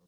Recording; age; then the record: pig call; piglet (1 to 25 days)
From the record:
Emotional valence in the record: positive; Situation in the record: short reunion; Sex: male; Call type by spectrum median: low-frequency call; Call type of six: low-frequency stable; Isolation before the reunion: 3 minutes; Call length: 0.07 s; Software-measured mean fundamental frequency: 33 Hz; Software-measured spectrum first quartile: 237 Hz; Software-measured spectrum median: 590 Hz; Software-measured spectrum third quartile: 5600 Hz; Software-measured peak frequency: 174 Hz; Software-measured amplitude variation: 17 dB a second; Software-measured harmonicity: 4.0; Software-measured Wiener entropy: -3.39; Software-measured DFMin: 494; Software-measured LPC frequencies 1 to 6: 311, 4019, 5254, 6206, 8678, 9868 Hz